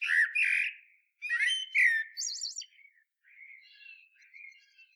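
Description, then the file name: Common blackbird song: several mellow whistled notes and a rapid high trill, then quieter warbling phrases fading away. "Turdus merula"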